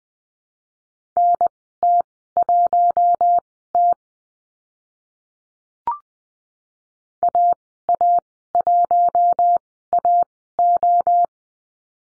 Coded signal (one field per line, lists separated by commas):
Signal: Morse code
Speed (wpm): 20 wpm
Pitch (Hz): 700 Hz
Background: none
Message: NT1T AA1AO